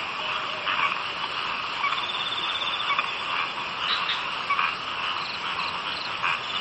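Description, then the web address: Frog chorus with steady overlapping trills and croaks, a few louder pulsed bursts rising briefly above the din. "bumbungrec kaeru frog"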